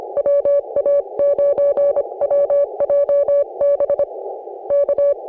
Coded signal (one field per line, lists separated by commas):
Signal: Morse code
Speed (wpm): 26 wpm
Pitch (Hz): 560 Hz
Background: none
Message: WA9WJB K